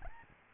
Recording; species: mosquito wingbeat signal from an infrared sensor; Aedes albopictus